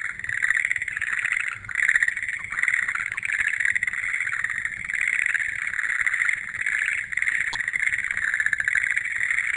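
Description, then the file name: Frogs trilling together, a thick wall of pulsed croaks swelling and easing slightly, with a short sharp click partway through. "kaeru"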